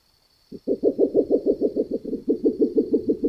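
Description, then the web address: Spectacled owl giving a fast, even run of low knocking hoots, continuing steadily to the end. In the Neotropics. "neotropicheskaya ochkovaya sova"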